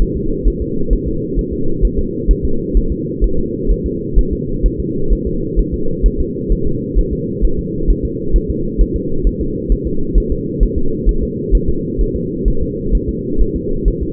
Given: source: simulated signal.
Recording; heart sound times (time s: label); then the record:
fetal heart sounds
0.02 s: S1
0.17 s: S2
0.47 s: S1
0.62 s: S2
0.93 s: S1
1.08 s: S2
1.39 s: S1
1.53 s: S2
1.85 s: S1
1.99 s: S2
2.31 s: S1
2.45 s: S2
2.77 s: S1
2.92 s: S2
3.24 s: S1
3.39 s: S2
3.71 s: S1
3.86 s: S2
4.19 s: S1
4.33 s: S2
4.66 s: S1
4.80 s: S2
5.13 s: S1
5.27 s: S2
5.59 s: S1
5.74 s: S2
6.06 s: S1
6.20 s: S2
6.52 s: S1
6.67 s: S2
6.99 s: S1
7.13 s: S2
7.45 s: S1
7.59 s: S2
7.90 s: S1
8.05 s: S2
8.36 s: S1
8.50 s: S2
8.81 s: S1
8.96 s: S2
9.27 s: S1
9.41 s: S2
9.72 s: S1
9.87 s: S2
10.18 s: S1
10.32 s: S2
10.63 s: S1
10.78 s: S2
11.09 s: S1
11.23 s: S2
11.55 s: S1
11.69 s: S2
12.01 s: S1
12.16 s: S2
12.48 s: S1
12.62 s: S2
12.95 s: S1
13.09 s: S2
13.41 s: S1
13.56 s: S2
13.88 s: S1
14.02 s: S2
From the record:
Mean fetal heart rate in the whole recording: 130 bpm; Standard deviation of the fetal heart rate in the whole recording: 2 bpm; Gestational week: 36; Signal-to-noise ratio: -8.1 dB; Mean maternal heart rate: 72 bpm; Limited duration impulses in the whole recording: absent